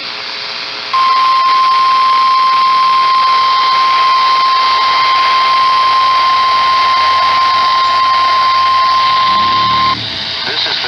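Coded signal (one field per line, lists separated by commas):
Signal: Emergency Alert System (SAME) tones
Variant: 1050 Hz attention tone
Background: speech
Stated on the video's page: Real EAS alerts including test alerts.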